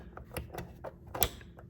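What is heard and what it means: A license plate lamp assembly from a 2014–2021 Jeep Grand Cherokee is inserted left side first into its opening, then pushed up into the plastic liftgate trim. Several light clicks and taps sound at about 0.2, 0.4, 0.6, 0.9 and 1.2 seconds. The sharpest and loudest snap at 1.2 seconds marks the lamp seating in place.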